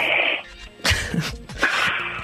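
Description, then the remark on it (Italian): A person imitates snoring through the nose, making a few harsh, rasping nasal snorts in short bursts separated by brief pauses, with no speech. “Senti, però tu devi aprire la bocca e devi produrre il rumore di chi russa.”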